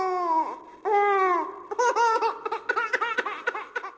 The very first cries of a baby after birth.